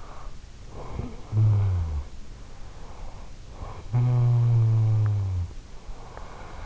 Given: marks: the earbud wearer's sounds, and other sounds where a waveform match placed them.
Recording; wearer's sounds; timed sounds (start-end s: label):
sounds in sleep by an in-ear microphone; snoring breath
0.40-2.58 s: snoring breath
3.26-5.89 s: snoring breath